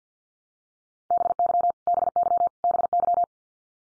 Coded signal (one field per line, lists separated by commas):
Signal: Morse code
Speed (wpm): 50 wpm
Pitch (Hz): 700 Hz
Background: none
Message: BY BY BY